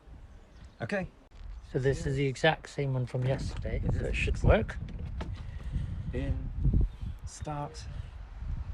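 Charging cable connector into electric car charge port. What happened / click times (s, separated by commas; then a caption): The plug is being handled and has not yet locked in / none. Someone talks while a rapid-charger CCS plug is handled at the charge port of a Hyundai IONIQ 5 electric car, with a brief sharp sound at about 5.2 s. The connector has not yet locked or clicked home by the end of the clip.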